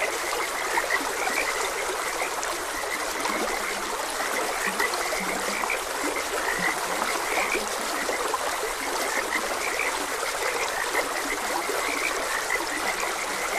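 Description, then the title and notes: Frogs croak steadily in overlapping bursts while a broad, even wash of stream water runs underneath. Frogs croaking beside a gentle stream. "Gentle Stream and Frogs Croaking. Sleep and Relaxation Podcast"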